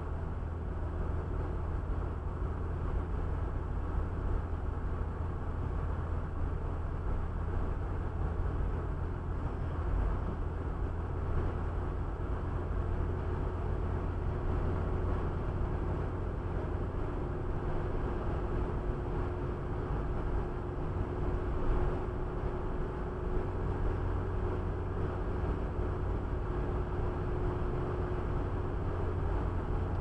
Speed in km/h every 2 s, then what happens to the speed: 78, 79, 79, 78, 79, 79, 81, 82, 84, 84, 85, 85, 86, 85, 85.
0-30 steady at about 82.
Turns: none.